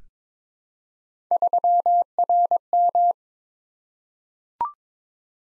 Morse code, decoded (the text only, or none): 3RM